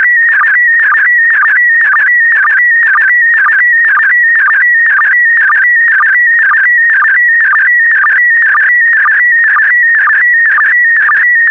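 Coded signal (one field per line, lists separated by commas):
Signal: SSTV (slow-scan television)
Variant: PD120 mode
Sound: continuous warbling whistle-like tone with a regular short low blip about twice a second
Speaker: complete you can now check your decoded image against the picture that is shown on the video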